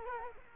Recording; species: mosquito wingbeat signal from an infrared sensor; Culex quinquefasciatus